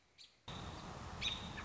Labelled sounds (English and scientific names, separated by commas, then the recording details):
American Robin (Turdus migratorius)
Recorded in Sonoma County, California